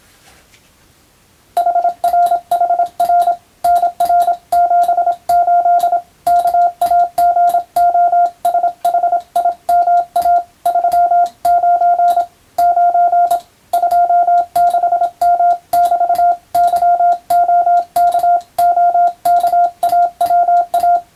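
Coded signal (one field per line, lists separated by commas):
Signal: Morse code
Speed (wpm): 27 wpm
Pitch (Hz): 700 Hz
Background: none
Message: HRHR NR78 KAGOSHIMA 39 9 26M<BT>YOKOKAWA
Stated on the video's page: Morse code practice by a first-class radiotelegraph operator sending with a telegraph key, using a European-language telegram practice book.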